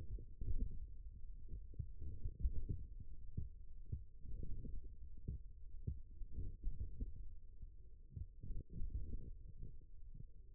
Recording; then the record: forearm muscle sounds (acoustic myography)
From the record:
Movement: wrist extension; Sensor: system 1, eight BSWA MPA416 microphones around the upper forearm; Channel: 7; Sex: male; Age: 41 years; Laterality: right